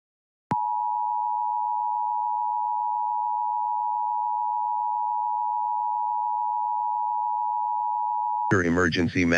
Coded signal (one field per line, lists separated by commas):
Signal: Emergency Alert System (SAME) tones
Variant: 853 and 960 Hz attention tone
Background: speech